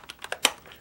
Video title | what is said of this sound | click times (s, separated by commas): ESU lighting board Walthers Proto Passenger car | hear it pop just like that and | 0.4 s